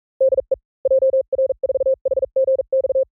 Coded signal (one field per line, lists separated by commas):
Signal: Morse code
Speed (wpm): 42 wpm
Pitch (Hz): 530 Hz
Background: none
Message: DE JR4HGX